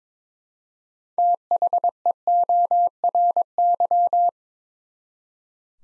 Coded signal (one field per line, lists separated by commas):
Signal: Morse code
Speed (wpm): 22 wpm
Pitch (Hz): 700 Hz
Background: none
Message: THEORY